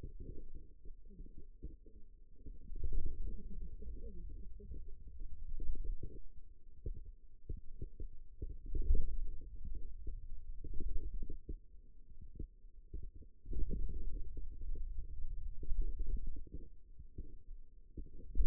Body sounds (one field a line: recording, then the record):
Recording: forearm muscle sounds (acoustic myography)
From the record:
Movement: wrist extension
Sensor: system 2, bracelet of six BSWA MPA416 microphones around the upper forearm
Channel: 3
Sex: male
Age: 22 years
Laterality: right